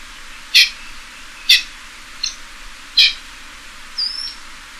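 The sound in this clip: Pheasant giving abrupt, harsh clucks about once a second, with a weaker note between and a thin high whistle near the end.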